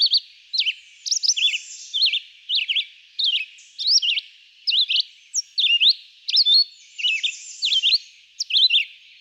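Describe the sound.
Red-eyed vireo delivering a continuous series of short varied whistled phrases, rising and falling slurs separated by brief gaps.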